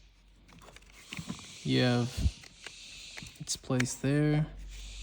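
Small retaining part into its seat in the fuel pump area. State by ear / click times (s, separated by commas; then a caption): not seated / none. A small retaining part is handled near its seat in the fuel pump area during a fuel pump reinstall on a BMW E39 530d (M57). Someone talks while faint taps and small handling sounds are heard around 0.5–1.2 s, 2.5–2.7 s and 3.2 s. Nothing has seated or clicked yet.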